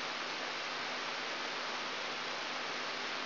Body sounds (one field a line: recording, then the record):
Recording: brain microelectrode recording played as sound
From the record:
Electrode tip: outside the subthalamic nucleus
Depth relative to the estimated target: -6 mm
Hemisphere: right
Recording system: AlphaMap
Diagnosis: Parkinson's disease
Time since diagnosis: 24 years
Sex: male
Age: 67 years